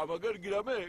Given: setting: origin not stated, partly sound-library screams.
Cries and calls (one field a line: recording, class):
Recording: one-second piece from a danger detection set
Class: normal situation